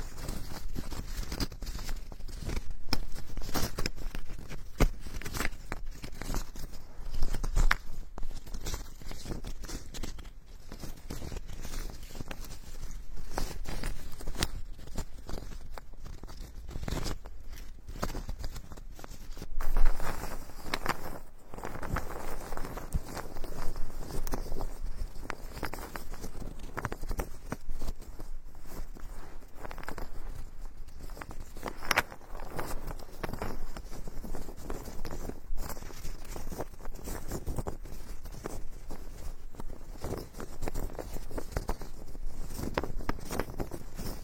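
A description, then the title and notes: Ear picking and ear massage sounds: a dense run of scratchy, crackling taps and rubs that continues for the full length with no pauses. The strokes come fast and uneven. A sharper burst of scraping stands out near twenty seconds. Tree Ear Picking Supreme Spa Ear Massage.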